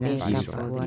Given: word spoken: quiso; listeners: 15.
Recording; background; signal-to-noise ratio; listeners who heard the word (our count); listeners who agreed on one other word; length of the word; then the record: one Spanish word in noise, from a listening test; four-talker babble; -2.3 dB; 0 of 15; 7 of 15; 0.46 s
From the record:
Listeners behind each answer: 7, 1, 1, 1, 1, 1, 1, 1, 1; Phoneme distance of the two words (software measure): 10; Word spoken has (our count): 2 syllables, 4 phonemes, stress on syllable 1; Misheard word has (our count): 2 syllables, 4 phonemes, stress on syllable 1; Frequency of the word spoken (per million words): 65.99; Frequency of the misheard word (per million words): 62.99